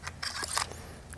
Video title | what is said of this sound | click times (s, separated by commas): The Best Motorcycle Bicycle Air Compressor Pump #airmoto #dualsport #adventurebike #crf300l #honda | Goes in, snaps into place like that. | 1.1 s